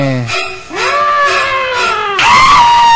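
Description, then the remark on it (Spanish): A person imitates the scream from the shower scene of the horror film Psycho, a loud, high, wavering shriek that bends upward and breaks into a second sustained wail, with no other talking. “Todo empieza con psicosis. Con esa escena de la ducha. Con una escena violentísima.”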